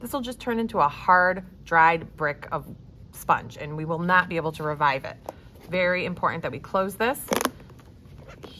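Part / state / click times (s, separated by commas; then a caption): snap-on lid of a glue sponge container / seated / 8.4 s. Someone talks while pressing a plastic snap-on lid onto a glue sponge container, working it all the way around to close it so the sponge won't dry into a hard brick. After the talking, faint handling sounds come at about 7.7 and 8.2 seconds, then a sharp click at 8.4 seconds as the lid snaps shut and seats.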